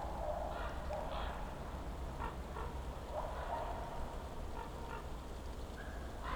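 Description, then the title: Common raven croaking calls, short hoarse notes repeated irregularly throughout over a steady low rumble. Several ravens circling above the recordist for over ten minutes over a mountain slope at Patnik, Goworów, Poland, on a New Year's walk; recordist crouched among young beeches; Zoom F4, AT BP4025. "Patnik mountain side, Goworów, Poland - Circling ravens"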